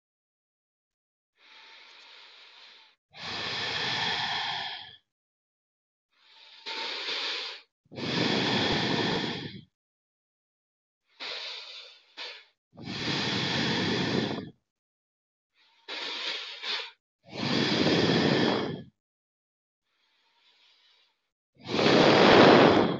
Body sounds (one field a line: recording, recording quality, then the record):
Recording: deep breathing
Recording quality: excellent, no background noise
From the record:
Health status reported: healthy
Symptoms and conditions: none ticked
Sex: male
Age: 56 years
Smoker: yes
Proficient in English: yes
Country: India